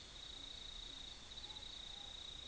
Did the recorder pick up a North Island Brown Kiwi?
no